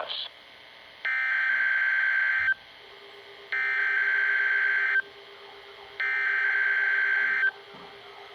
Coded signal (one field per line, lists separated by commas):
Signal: Emergency Alert System (SAME) tones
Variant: header bursts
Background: speech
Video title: WELCOME 2026!!! - EAS Tests from January 2026 (EAS #651 - #659)